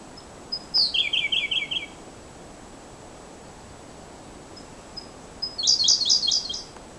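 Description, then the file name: Siberian blue robin song, two high phrases, each a thin note then a fast rattled series of repeated notes, separated by soft introductory whistles. "L cyana-song"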